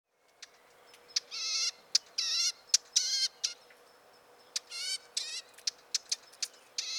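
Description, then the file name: Eurasian blackcap giving hard, dry clicking calls at an uneven pace, broken by several harsh, buzzy rattling bursts, over a faint steady hum. "Sylvia atricapilla"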